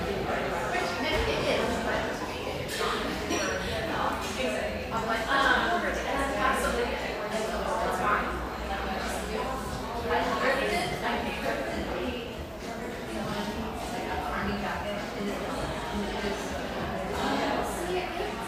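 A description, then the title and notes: A coffeehouse during a mid-morning lull, filled with an unbroken murmur of overlapping conversation from many voices. Occasional brighter clinks and taps of cups or dishes surface through the chatter, and a low steady hum sits underneath throughout. The coffee rush fades to a mid-morning lull in this sunlight coffeehouse, tucked behind a bakery near this coastal California paradise.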